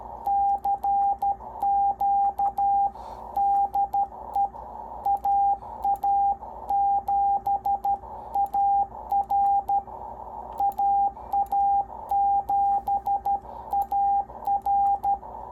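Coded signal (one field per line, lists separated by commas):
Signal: Morse code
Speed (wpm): 13 wpm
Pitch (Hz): 800 Hz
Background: radio noise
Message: CQ DE AA7AR AA7AR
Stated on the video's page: CW from a NorCal 40B transceiver on the 40 meter band, run on the bench.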